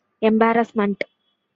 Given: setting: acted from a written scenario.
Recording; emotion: vocal sound without words; embarrassment